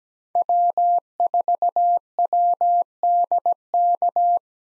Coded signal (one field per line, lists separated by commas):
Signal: Morse code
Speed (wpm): 17 wpm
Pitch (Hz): 700 Hz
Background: none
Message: W4WDK